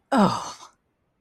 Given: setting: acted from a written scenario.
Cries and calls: vocal sound without words; shame

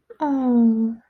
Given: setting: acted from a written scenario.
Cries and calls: vocal sound without words; sympathy

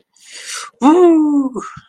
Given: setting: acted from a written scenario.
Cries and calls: vocal sound without words; triumph

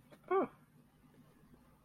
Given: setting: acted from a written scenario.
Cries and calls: vocal sound without words; realization

